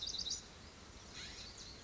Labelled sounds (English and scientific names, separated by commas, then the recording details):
California Scrub-Jay (Aphelocoma californica)
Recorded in Sonoma County, California